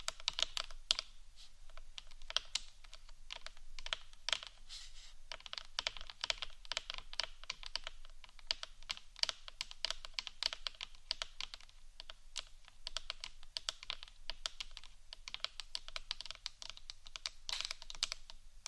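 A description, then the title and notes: Crisp tapping and clicking like fingers typing on a keyboard, used as an ASMR trigger. The taps come rapidly and densely for the whole stretch, bright and sharp, with uneven rhythm and a few louder strikes. A faint low hum sits underneath. ASMR Unique Head Mic Triggers（No Talking）.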